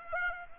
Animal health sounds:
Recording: mosquito wingbeat signal from an infrared sensor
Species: Aedes aegypti

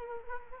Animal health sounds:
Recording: mosquito wingbeat signal from an infrared sensor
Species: Culex quinquefasciatus

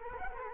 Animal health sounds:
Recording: mosquito wingbeat signal from an infrared sensor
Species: Culex quinquefasciatus

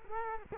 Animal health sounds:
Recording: mosquito wingbeat signal from an infrared sensor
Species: Culex quinquefasciatus

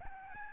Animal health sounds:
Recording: mosquito wingbeat signal from an infrared sensor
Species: Aedes albopictus

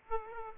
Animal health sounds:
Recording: mosquito wingbeat signal from an infrared sensor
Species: Aedes aegypti

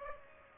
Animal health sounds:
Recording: mosquito wingbeat signal from an infrared sensor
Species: Aedes aegypti

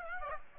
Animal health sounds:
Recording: mosquito wingbeat signal from an infrared sensor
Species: Aedes aegypti

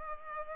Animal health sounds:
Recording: mosquito wingbeat signal from an infrared sensor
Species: Culex pipiens

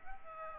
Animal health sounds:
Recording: mosquito wingbeat signal from an infrared sensor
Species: Aedes albopictus

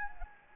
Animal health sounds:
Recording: mosquito wingbeat signal from an infrared sensor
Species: Anopheles gambiae

